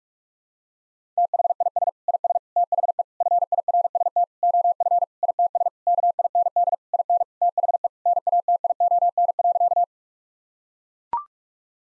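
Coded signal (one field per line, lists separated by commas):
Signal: Morse code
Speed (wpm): 41 wpm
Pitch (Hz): 700 Hz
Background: none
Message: THIS IS THE FIRST OF ITS KIND IN THE NATION.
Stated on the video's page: Morse drill at 45 wpm of sentences containing common seven-word phrases, sent, spoken, then sent again.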